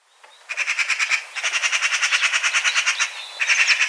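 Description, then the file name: Eurasian magpie chattering loudly: a long, fast, harsh rattle of rhythmic pulses, broken by brief pauses and then resuming. "Pica pica"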